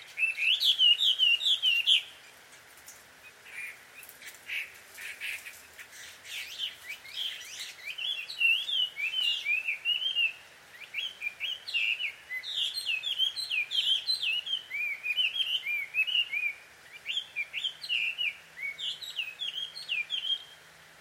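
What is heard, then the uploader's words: Birds chatter and squabble at dusk in quick, overlapping bursts of bright chirps and tweets. A loud cluster opens the first two seconds, then calls come in rapid, uneven runs with short gaps, over a faint low hiss of background. 鳥の夫婦喧嘩 – Birds Quarrel At Dusk. Recorded in Takao Japan.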